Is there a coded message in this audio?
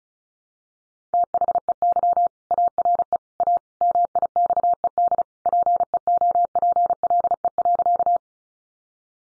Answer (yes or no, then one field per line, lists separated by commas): yes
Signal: Morse code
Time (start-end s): 1.1-8.2 s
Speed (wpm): 34 wpm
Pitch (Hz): 700 Hz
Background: none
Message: THEY ARE A MIXED PEOPLE.